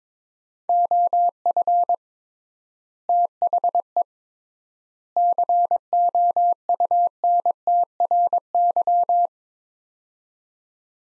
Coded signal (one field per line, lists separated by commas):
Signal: Morse code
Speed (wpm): 22 wpm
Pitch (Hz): 700 Hz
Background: none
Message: OF THE COUNTRY